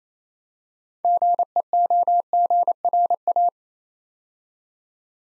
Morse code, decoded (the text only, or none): GEOGRA